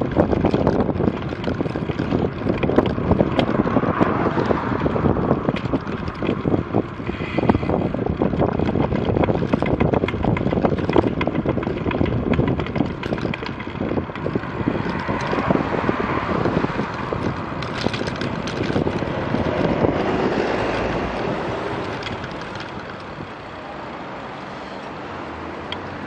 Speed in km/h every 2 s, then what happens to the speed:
28, 28, 27, 27, 26, 25, 24, 22, 18, 15, 11, 8, 5.
0-11 steady at about 27. 11-26 slows to 5.